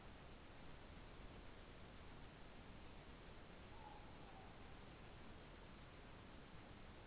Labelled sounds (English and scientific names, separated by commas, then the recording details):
Morepork (Ninox novaeseelandiae) more-pork call
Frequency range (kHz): Morepork (Ninox novaeseelandiae) 0.7-1.0 kHz
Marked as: faintness 2/5
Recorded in New Zealand
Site Taranaki